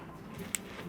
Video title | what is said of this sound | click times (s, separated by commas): DJI Osmo Action 5 Pro - Beginner's Guide & BEST Settings | you just grab another Mount you just click it on there make sure it's snapped into place and your camera is ready to go | 0.5 s